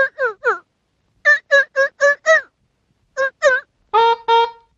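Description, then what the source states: Seal pup calls in bursts of short, quavering bleats, groups of two to five cries separated by brief pauses, ending with two longer, steadier notes. Baby seal.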